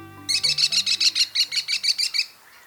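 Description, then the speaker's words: American kestrel giving a rapid series of shrill, piercing klee notes, repeated evenly for about two seconds. "American kestrel is the smallest falcon in North America and perhaps the best looking."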